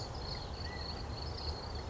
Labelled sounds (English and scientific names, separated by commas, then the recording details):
California Quail (Callipepla californica)
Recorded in Sonoma County, California